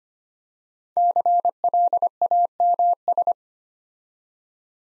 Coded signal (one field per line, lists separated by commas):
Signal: Morse code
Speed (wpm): 25 wpm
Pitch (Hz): 700 Hz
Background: none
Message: CLAMS